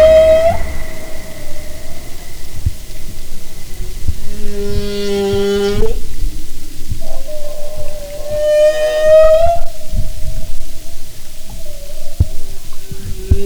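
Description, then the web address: Humpback whale song: sustained tonal whines alternating with a harmonic-rich buzzy moan, over low underwater rumble. "Sound and Marine Mammals humpback"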